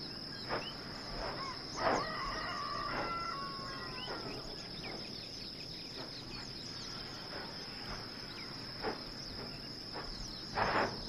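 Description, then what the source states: Bird giving a drawn-out, harmonic crowing call early on, followed by scattered short notes, over a steady high-pitched hum that runs throughout. Recorded at Kilauea Volcano, Hawaii, on 22 May 2018 at 11 am.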